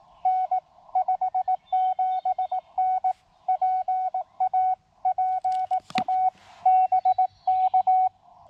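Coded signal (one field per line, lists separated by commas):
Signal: Morse code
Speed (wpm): 18 wpm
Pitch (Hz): 750 Hz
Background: radio noise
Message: N 57N PA PA BK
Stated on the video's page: CW Parks on the Air activation with an mcHF transceiver, which has an internal speaker and tuner.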